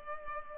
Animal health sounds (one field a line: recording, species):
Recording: mosquito wingbeat signal from an infrared sensor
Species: Culex pipiens